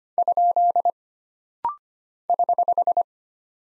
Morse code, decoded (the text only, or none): ? <HH>